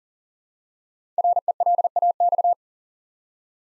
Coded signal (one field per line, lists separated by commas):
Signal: Morse code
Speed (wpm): 40 wpm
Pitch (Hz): 700 Hz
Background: none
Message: RELAX